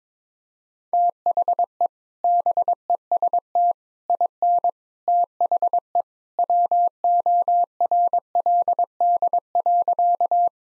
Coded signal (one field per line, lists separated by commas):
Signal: Morse code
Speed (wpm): 22 wpm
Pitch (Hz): 700 Hz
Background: none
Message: THE BEST IN THE WORLD.